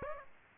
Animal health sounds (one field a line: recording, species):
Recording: mosquito wingbeat signal from an infrared sensor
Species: Aedes aegypti